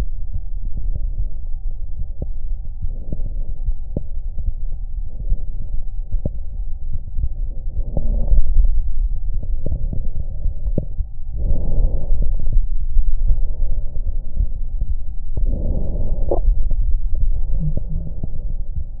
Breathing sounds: lung sounds by stethoscope; right anterior apical chest; quiet breathing, then deep breathing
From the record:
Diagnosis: interstitial lung disease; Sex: female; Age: 61 years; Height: 155 cm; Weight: 75.5 kg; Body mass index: 31.4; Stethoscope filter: extended mode

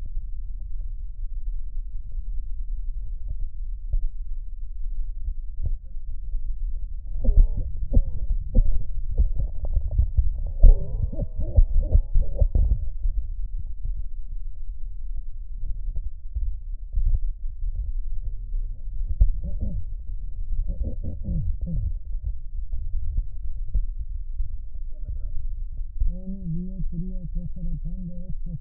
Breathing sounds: lung sounds by stethoscope; trachea; quiet breathing, then cough and speech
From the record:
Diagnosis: pulmonary infection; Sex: female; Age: 74 years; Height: 160 cm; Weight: 66 kg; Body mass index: 25.8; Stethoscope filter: extended mode

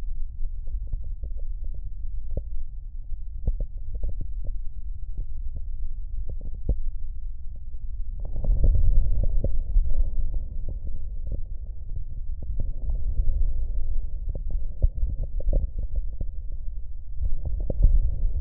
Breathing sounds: lung sounds by stethoscope; left posterior basal chest; quiet breathing, then deep breathing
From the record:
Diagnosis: COPD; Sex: male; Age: 77 years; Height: 172 cm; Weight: 94 kg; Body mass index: 31.8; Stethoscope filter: extended mode

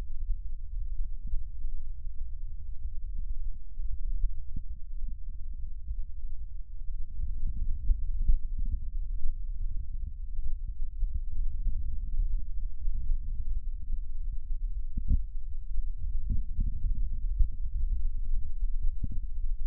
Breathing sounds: lung sounds by stethoscope; right anterior apical chest; quiet breathing, then deep breathing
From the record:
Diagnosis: interstitial lung disease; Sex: male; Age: 66 years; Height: 172 cm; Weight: 107.6 kg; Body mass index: 36.4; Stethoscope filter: bell mode

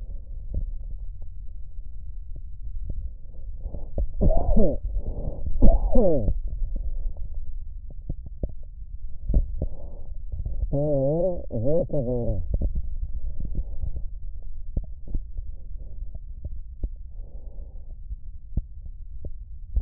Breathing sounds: lung sounds by stethoscope; left posterior basal chest; quiet breathing, then cough and speech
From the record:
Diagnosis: interstitial lung disease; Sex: male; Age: 66 years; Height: 164 cm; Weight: 76.2 kg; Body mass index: 28.3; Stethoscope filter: extended mode

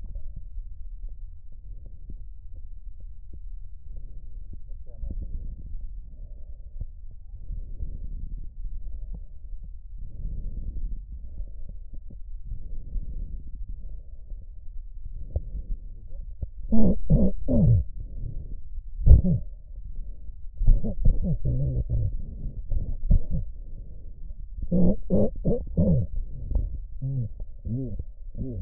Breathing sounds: lung sounds by stethoscope; left posterior apical chest; quiet breathing, then cough and speech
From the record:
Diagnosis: COPD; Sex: male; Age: 70 years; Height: 170 cm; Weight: 74 kg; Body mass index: 25.6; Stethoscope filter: extended mode

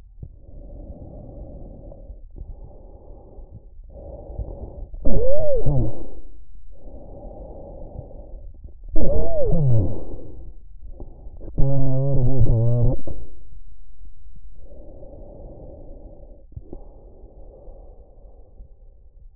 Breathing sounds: lung sounds by stethoscope; trachea; quiet breathing, then cough and speech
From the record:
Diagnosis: COPD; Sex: male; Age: 57 years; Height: 165 cm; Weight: 85.7 kg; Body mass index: 31.5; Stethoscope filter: extended mode

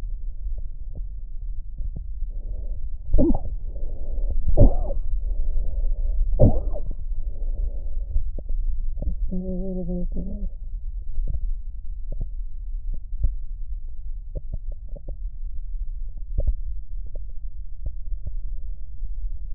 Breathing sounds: lung sounds by stethoscope; left posterior basal chest; quiet breathing, then cough and speech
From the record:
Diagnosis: asthma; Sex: female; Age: 74 years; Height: 155 cm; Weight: 63 kg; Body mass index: 26.2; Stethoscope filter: extended mode

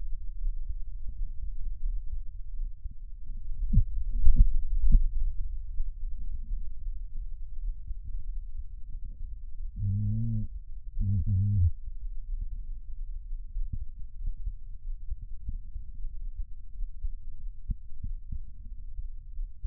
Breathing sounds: lung sounds by stethoscope; left anterior apical chest; quiet breathing, then cough and speech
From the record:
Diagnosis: COPD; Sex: male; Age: 81 years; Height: 166 cm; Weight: 98.7 kg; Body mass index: 35.8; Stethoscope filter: bell mode

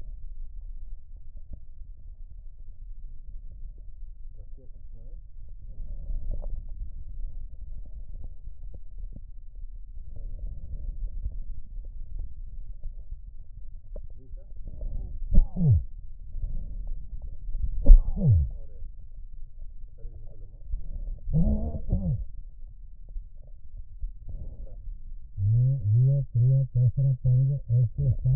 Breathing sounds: lung sounds by stethoscope; right posterior basal chest; quiet breathing, then cough and speech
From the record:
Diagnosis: pulmonary infection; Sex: male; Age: 54 years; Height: 187 cm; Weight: 95 kg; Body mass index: 27.2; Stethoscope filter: extended mode

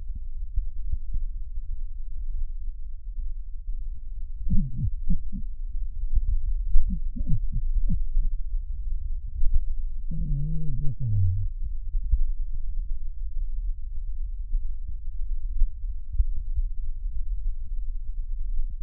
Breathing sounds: lung sounds by stethoscope; right posterior basal chest; quiet breathing, then cough and speech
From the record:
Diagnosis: COPD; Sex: male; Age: 85 years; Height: 183 cm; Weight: 88 kg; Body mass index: 26.3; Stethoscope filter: bell mode

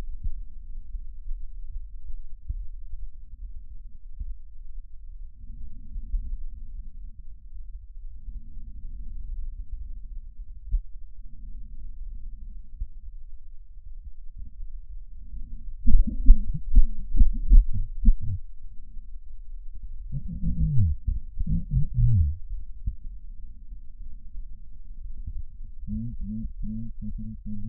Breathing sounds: lung sounds by stethoscope; left posterior apical chest; quiet breathing, then cough and speech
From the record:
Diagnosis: none (healthy); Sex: male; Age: 45 years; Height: 173 cm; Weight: 92 kg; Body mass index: 30.7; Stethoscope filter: bell mode

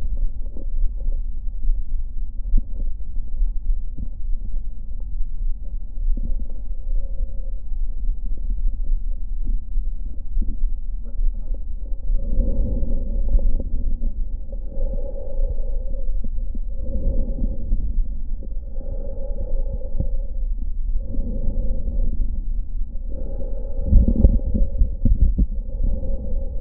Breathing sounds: lung sounds by stethoscope; left anterior apical chest; quiet breathing, then deep breathing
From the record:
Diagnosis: none (healthy); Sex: male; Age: 35 years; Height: 186 cm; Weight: 108 kg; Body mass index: 31.2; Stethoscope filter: diaphragm mode

